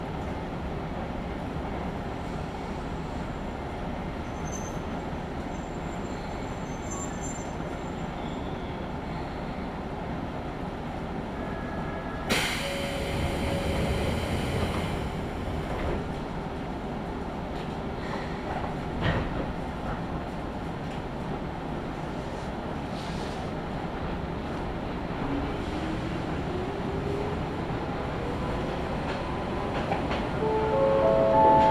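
A ride on the Izuhakone Railway Daiyuzan Line from Odawara toward Daiyuzan, with a steady low rumble of the train throughout. Around twelve seconds a bright hissing burst lasts a few seconds, a thump follows near nineteen, and toward the end a motor whine rises and grows louder.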